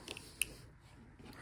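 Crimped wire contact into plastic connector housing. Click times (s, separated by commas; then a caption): 0.4 s. A crimped wire contact for engine preheat wiring is pushed into a plastic connector housing. Two faint ticks at 0.1 s and 0.2 s precede a sharp, bright click at 0.4 s as the contact locks in place. The contact is then tugged to check that it is secure, and it is seated.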